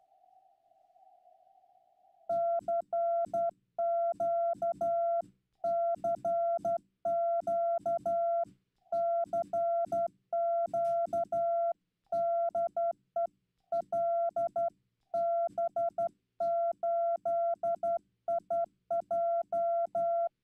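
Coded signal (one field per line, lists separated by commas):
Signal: Morse code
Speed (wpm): 12 wpm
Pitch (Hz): 680 Hz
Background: none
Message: CQ CQ CQ DE LB8IJ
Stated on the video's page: Slow CW at around 15 wpm sent live on new straight keys, including a WWII key, during Straight Key Night, on a Yaesu FTdx10.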